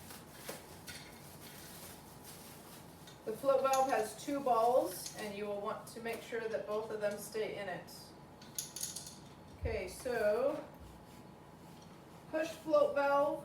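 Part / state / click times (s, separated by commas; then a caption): float valve going into the overflow jar seat of a milking unit / not seated / none. Someone talks while handling a plastic float valve for the overflow jar seat of a milking unit, checking that both of its two balls stay inside before it is pushed at an angle into place. Only light plastic clatter is heard. Nothing has been pushed home or clicked into place yet.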